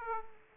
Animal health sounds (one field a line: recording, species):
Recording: mosquito wingbeat signal from an infrared sensor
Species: Aedes aegypti